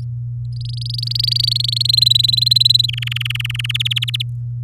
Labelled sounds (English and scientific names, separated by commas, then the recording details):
Domestic Canary (Serinus canaria) song
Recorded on 8 May 2018 at 06:20
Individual llb16